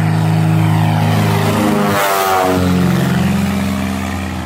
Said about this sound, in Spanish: Pasó la avioneta con un zumbido, ahora sí, como dicen, ensordecedor.